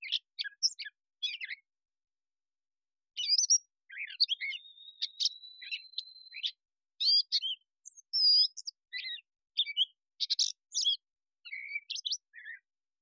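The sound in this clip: Catbird song, a long run of jumbled, varied phrases: squeaky chirps, rough notes and one sustained thin whistle, with a pause of about one and a half seconds near the start; quiet background.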